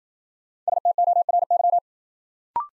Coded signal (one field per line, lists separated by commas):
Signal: Morse code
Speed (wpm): 51 wpm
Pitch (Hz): 700 Hz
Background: none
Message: STORY